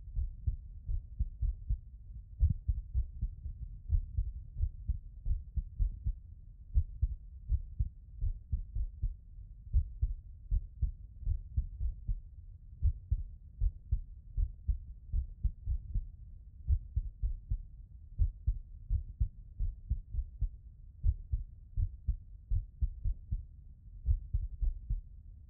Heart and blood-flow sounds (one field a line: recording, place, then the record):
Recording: heart sounds by stethoscope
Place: tricuspid valve (TV)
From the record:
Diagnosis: non-HFrEF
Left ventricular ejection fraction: 61%